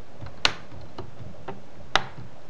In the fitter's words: and just snap it back into place.